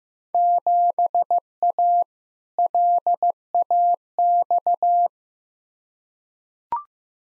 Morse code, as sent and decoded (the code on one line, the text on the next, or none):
--... .- / .-.. .- -..-
7A LAX